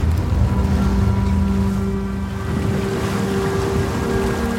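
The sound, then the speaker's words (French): Storm waves over 15 metres high crash onto a boat's deck in a constant, heavy low roar of churning water, with a steady droning hum running underneath and no voices. “Il faut imaginer les chocs de chaque vague qui s'écrase sur le pont et que le bateau doit encaisser.”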